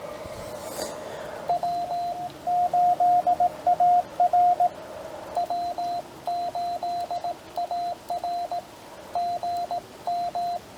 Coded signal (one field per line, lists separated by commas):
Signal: Morse code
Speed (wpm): 18 wpm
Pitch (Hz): 700 Hz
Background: radio noise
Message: W8AR W8AR GM